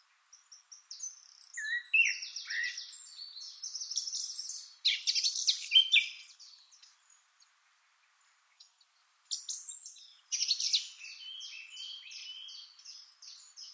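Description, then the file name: Eurasian blackcap giving a rapid, scratchy, high-pitched warble in two bursts separated by a brief pause, the second ending in a quick repeated series of notes. "Sylvia atricapilla"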